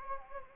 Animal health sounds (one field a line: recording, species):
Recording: mosquito wingbeat signal from an infrared sensor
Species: Anopheles gambiae